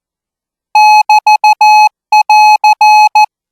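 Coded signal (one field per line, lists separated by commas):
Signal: Morse code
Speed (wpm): 14 wpm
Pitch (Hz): 850 Hz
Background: none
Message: <BT><AR>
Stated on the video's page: Thai-language Morse code practice at 20 words per minute.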